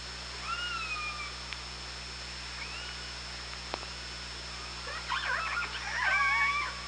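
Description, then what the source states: Orca calls: smooth tonal calls early on, then a burst of rapid overlapping calls and a loud harmonic call near the end, with a low steady hum throughout. Recorded on the OrcaLab hydrophone on 24 August 2017 at 18:05.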